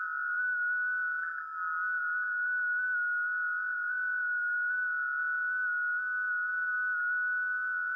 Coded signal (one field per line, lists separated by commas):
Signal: FT8